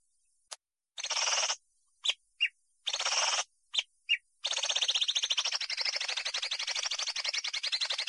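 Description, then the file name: Greater green leafbird song of short, isolated notes and chattering bursts, building into a long, continuous rapid warble. Imported bird. "cucak hijau impor"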